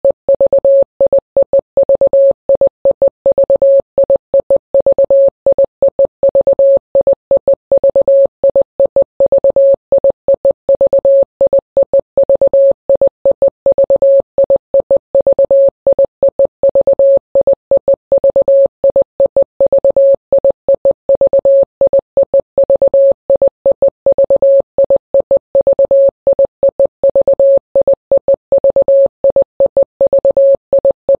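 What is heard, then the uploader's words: Morse code beeps in a single steady mid-pitched tone, keyed in rapid irregular dots and dashes without pause for the whole clip. MANY MORSE CODESSS.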